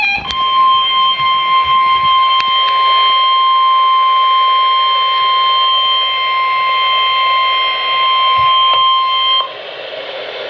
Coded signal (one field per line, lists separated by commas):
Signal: Emergency Alert System (SAME) tones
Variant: 1050 Hz attention tone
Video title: Flood Warning (EAS #123)